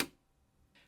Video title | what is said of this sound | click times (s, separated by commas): 64-Core fire breathing monster in my Silverstone RM52 Rack Mount PC 🔥 | I have to use the one from the gigabyte board as well so you slide that in and it makes a little click | 0.0 s